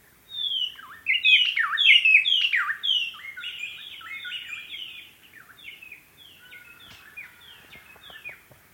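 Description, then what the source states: White-browed robin-chat song: loud, varied whistled phrases with sharp downward swoops, strongest in the first few seconds, then fading to quieter, sparser notes with a few soft clicks. Okavango Panhandle, 14 August 2015 at 6:36 AM; ever-changing song that seems to come from everywhere at once; recorded from inside a tent with the microphone outside, using a Sound Devices 702 recorder and Sennheiser 418 stereo shotgun microphone.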